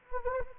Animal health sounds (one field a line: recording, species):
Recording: mosquito wingbeat signal from an infrared sensor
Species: Anopheles gambiae